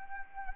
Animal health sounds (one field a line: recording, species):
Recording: mosquito wingbeat signal from an infrared sensor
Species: Anopheles arabiensis